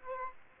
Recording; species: mosquito wingbeat signal from an infrared sensor; Aedes aegypti